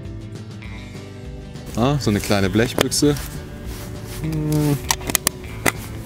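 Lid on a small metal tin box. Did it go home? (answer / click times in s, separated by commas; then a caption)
yes / 5.3 s. Someone talks while handling a small metal survival-kit tin, then a cluster of sharp metallic clicks follows as the lid is closed. The lid snaps shut at about 5.3 s, holding fine and clipping in a little, though the tin is not waterproof.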